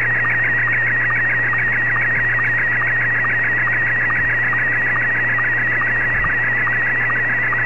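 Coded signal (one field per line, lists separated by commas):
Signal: SSTV (slow-scan television)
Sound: warbling tone around 2 kHz with rapid regular low blips over steady radio hiss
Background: radio static, low hum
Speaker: after this one's finished i'll show you guys the dx toolbox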